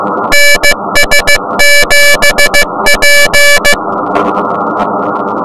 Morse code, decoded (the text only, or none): NS7P